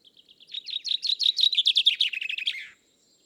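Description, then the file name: Common chaffinch song: soft notes that quicken into a loud, bright rattling trill, descending gradually and ending with a short flourish after about two and a half seconds. "Fringilla coelebs"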